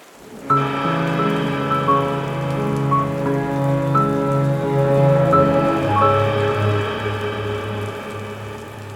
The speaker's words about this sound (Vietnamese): Trời đầu xuân trớt xuống những hạt mưa đầu tiên trong mùa. Mưa rơi rả rích xuống ngôi mộ, bị láng mộ cản lệch sang một bên.